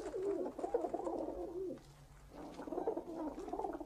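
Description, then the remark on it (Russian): White pigeons at a dovecote coo in low, throaty, rolling warbles, two overlapping bursts separated by a short pause near the middle, fairly steady and moderately loud with no voices. “Форточка голубятни открывается, и на свободу вылетают белые голуби.”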